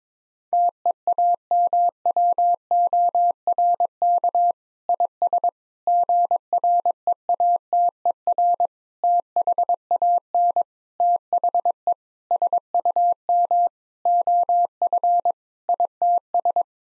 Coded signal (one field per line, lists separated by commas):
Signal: Morse code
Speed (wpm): 22 wpm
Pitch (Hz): 700 Hz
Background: none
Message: TEAMWORK IS GREATER THAN THE SUM OF ITS